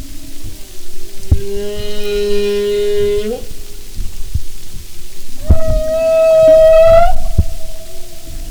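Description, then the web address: Humpback whale song: a low buzzy harmonic moan followed after a pause by a higher, rising tonal wail, over faint underwater crackle. "Sound and Marine Mammals humpback"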